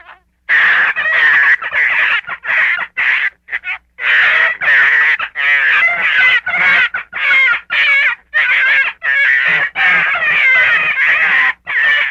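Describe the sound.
Gray fox uttering a long string of loud, hoarse, screechy yelps, fast and irregular, with a brief lull near the start.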